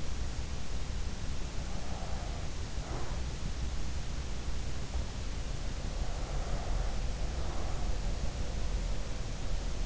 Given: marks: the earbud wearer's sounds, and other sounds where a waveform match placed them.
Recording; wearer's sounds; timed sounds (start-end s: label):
sounds in sleep by an in-ear microphone; breath
1.55-3.95 s: breath
5.25-9.86 s: breath